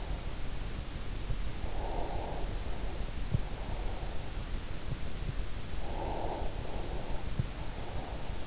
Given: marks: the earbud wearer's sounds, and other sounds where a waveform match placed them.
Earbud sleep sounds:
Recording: sounds in sleep by an in-ear microphone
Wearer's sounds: breath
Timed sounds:
1.46-4.50 s: breath
5.95-8.47 s: breath

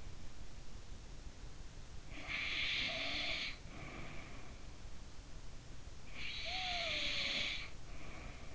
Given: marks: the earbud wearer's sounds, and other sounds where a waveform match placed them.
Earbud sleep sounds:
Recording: sounds in sleep by an in-ear microphone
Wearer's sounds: breath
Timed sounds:
1.41-4.33 s: breath
5.53-8.55 s: breath

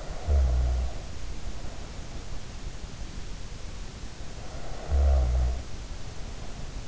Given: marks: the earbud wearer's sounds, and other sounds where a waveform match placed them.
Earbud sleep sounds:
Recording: sounds in sleep by an in-ear microphone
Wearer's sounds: snoring breath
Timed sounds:
0.00-2.12 s: snoring breath
4.35-6.55 s: snoring breath

